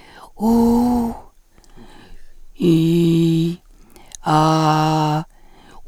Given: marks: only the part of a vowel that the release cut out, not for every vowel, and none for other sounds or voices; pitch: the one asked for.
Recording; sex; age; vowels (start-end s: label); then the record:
sustained vowels; female; 50 to 59 years
0.51-1.03 s: vowel /u/, high pitch
2.77-3.43 s: vowel /i/, low pitch
4.38-5.13 s: vowel /a/, low pitch
From the record:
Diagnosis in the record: recurrent laryngeal nerve paralysis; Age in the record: 55 years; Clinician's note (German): Doppelseitige bei Zustand nach Lateralfixation und Arytenoidektomie mit noch unvollständiger supraglottischer Kompensation